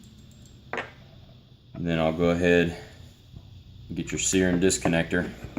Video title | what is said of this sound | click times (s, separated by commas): How to assemble a 1911 | that it locks into place | 0.7 s